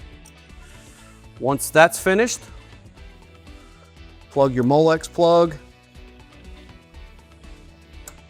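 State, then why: Seated. A Molex wiring plug is pushed back into its mating connector on a Whalen Company WRX fan coil chassis while someone talks over background music. A single sharp snap at 8.1 s marks the connector seating in place.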